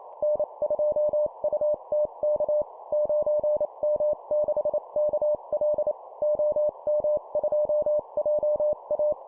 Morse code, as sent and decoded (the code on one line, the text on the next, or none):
-. ..--- ..- - -.- / ----. -- -.... -.- .-.. / --- -- ..--- .--- .-
N2UTK 9M6KL OM2JA